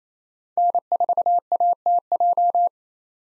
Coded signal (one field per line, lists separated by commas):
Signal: Morse code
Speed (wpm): 28 wpm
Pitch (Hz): 700 Hz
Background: none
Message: N4ATJ